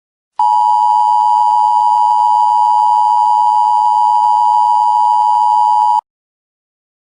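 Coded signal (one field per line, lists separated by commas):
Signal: Emergency Alert System (SAME) tones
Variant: 853 and 960 Hz attention tone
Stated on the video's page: Fictional weather-based mock EAS scenario about a hurricane.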